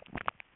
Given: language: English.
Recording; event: throat vibration sensor signal played as sound; swallow